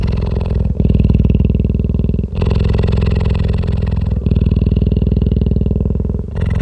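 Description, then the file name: Cheetah giving a steady low purr, dense throbbing pulses running in phases of roughly one and a half to two seconds with short breaks between them. Adult animal. "Frisson de Midi Adult Cheetah"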